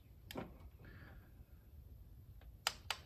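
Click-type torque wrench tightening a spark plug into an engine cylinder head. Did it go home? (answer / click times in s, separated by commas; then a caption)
yes / 2.7 s. A click-type torque wrench set to 13 tightens a spark plug into the engine cylinder head of a 2011–2016 Chrysler Town & Country through an extension, during an ignition coil and spark plug replacement for a misfire code. A sharp tap at 0.3 s and a soft ratcheting rasp come first, then the wrench gives a crisp click at 2.7 s, followed by a second sharp click at 2.9 s. The wrench has clicked at its set torque, so the spark plug is tightened.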